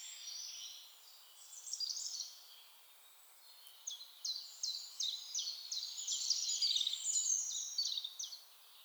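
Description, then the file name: European robin: a soft, rippling high phrase, a short pause, then a quick series of clipped downslurred notes running into a dense, bright jumble; light background hiss. "Erithacus rubecula"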